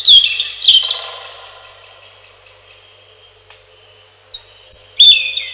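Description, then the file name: European robin song: a few high sharp notes at the start, a long quiet gap, then another bright high phrase. "малиновка"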